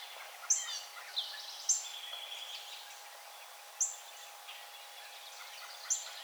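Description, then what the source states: Brown thrasher calls: brief, sharp, high-pitched notes spaced irregularly from under one to about two seconds apart over faint background twittering. Recorded 4 January 2007.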